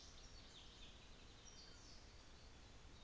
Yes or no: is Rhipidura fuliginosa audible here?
no